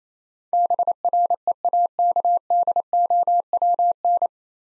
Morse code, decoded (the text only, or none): BREAKDOWN